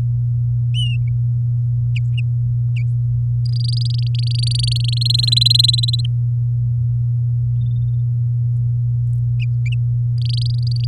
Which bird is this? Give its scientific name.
Serinus canaria